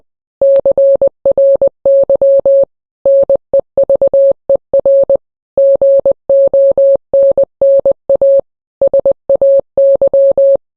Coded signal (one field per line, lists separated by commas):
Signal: Morse code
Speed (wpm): 20 wpm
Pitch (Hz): 550 Hz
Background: none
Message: CRY NEVER GONNA SAY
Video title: rickroll but Morse code version